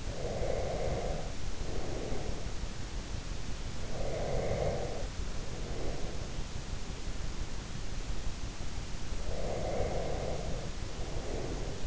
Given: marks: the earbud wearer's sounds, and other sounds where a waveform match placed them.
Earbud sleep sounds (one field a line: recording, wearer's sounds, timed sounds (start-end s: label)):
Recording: sounds in sleep by an in-ear microphone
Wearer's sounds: breath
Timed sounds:
0.00-2.55 s: breath
3.85-6.42 s: breath
9.20-11.87 s: breath